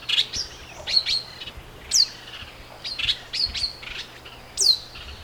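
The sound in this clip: Pale baywing calls: clear, high chirping notes with occasional steep descending whistles, uttered in loose bursts roughly every second, against faint background hiss.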